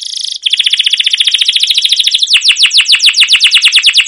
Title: CUIT CUIT NGEROL LANGSUNG GACOR PANJANG Kenari Ini AMPUH Utk Pancingan KENARI